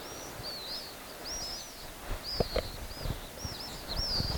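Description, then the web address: Pale swift screams, high shrill arched notes in clustered bursts, with a few low thuds and background hiss. "chant xeno-canto martinet pale"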